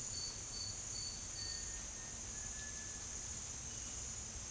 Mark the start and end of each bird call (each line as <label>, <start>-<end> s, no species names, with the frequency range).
bird call (1.4-2.0 kHz), 1.38-2.96 s